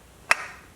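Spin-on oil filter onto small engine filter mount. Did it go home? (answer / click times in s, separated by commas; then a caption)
yes / 0.3 s. On the second try, a spin-on oil filter with a lubricated O-ring is turned counterclockwise against the filter mount of a 19 hp Briggs and Stratton small engine. At 0.3 s its thread drops into the start of the mount thread with a single sharp, clear click that rings briefly and fades by about 0.5 s. The filter is seated in the thread and then threads right on.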